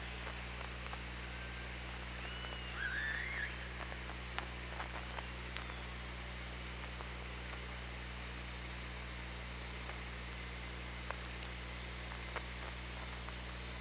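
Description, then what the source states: Orca call, one brief looping whistled tone near three seconds, then only clicks, hiss and steady low hum. OrcaLab hydrophone recording, 24 August 2017, 16:03.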